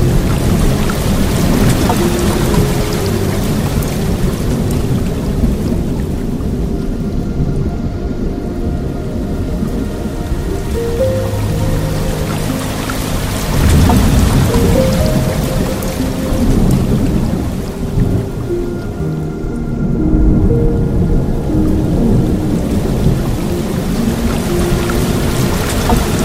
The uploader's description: Relaxing Piano Music and the tranquil Soft Water Stream